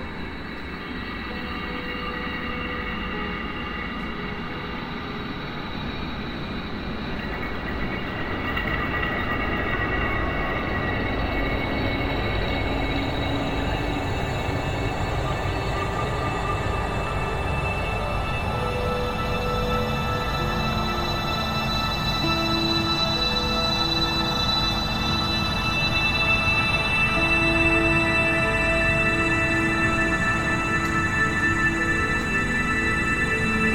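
Inside a train gangway rolling into Newcastle, a dense steady rumble and rattle builds slightly louder, with whining tones and squeals toward the end.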